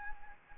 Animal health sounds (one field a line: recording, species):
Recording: mosquito wingbeat signal from an infrared sensor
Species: Anopheles gambiae